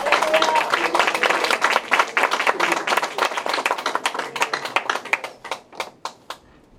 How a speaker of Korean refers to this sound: 우리 안에 기쁨을 허락하신 우리 예수님을 찬양하기 원합니다. 큰 박수로 한 번 더 올려드리겠습니다.